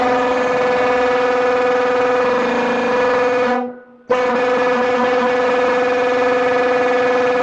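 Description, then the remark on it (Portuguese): A loud, steady blaring horn sounded on a Brazilian radio morning show, with a rich stack of harmonics droning on continuously, cutting out briefly for about half a second midway before resuming just as strongly. “Com o susto que levou com essa buzina aí, não tem.”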